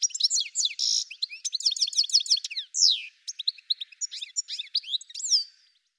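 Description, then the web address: Bird song: nonstop high twittering with trills, rapid repeated chirps and a prominent falling slurred note. "cianscape birddata Deverinetal 2025 File cleaned normalized Bird"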